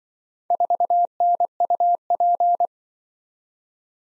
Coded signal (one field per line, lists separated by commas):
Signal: Morse code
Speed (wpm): 24 wpm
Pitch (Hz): 700 Hz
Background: none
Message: 4NUP